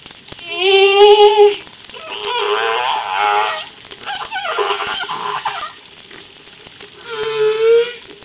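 Whale calls, long tonal moans and wavering harmonic-rich cries in several drawn-out phrases, with some rising and falling pitch.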